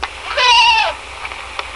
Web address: goat